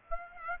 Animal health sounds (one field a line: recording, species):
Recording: mosquito wingbeat signal from an infrared sensor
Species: Aedes aegypti